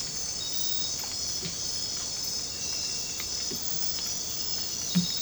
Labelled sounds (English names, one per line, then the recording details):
none
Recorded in dense forest near Puerto Asís, Putumayo, Colombia, on 22 December 2024 at 21:30
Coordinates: 0.484, -76.317
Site G026